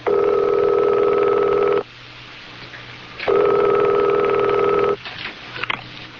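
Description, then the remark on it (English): A telephone call rings through to someone's answering machine: two long, steady electronic ring tones separated by a quiet pause, followed by a few faint clicks as the line picks up. “Hi, this is …'s machine. I'm not here at the moment, so please leave a message and phone number, and I'll get back to you as soon as I can.”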